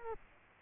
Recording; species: mosquito wingbeat signal from an infrared sensor; Culex quinquefasciatus